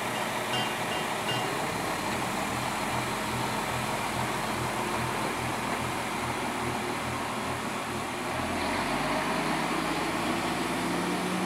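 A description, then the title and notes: Train wheels on the tracks give a steady rumble, with a fast regular low thumping running under a dense hiss. Near the eight-second mark the sound shifts slightly, and a low steady engine hum comes up for the final seconds. The rhythmic cadence of wheels on tracks and the distant hum of engines create an immersive symphony.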